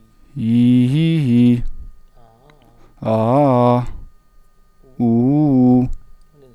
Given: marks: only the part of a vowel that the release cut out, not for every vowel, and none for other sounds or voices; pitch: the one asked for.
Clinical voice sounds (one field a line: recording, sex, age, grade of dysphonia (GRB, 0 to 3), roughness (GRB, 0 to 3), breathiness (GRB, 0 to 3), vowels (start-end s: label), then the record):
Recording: sustained vowels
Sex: male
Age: 30 to 39 years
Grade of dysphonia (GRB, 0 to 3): 1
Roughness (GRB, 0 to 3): 1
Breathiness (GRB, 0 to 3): 0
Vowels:
0.47-1.19 s: vowel /i/, low-high-low pitch
3.08-3.76 s: vowel /a/, low-high-low pitch
5.04-5.81 s: vowel /u/, low-high-low pitch
From the record:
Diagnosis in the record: healthy voice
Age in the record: 30 years